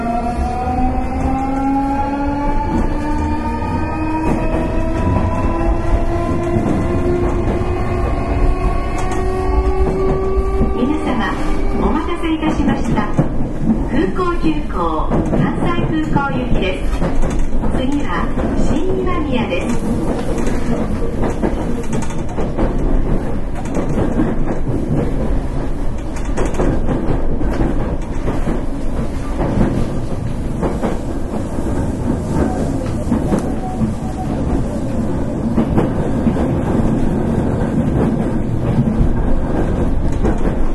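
A Nankai 8300 series train's motor whine climbs in pitch as it accelerates, then gives way to a steady, dense rolling rumble with rail clatter.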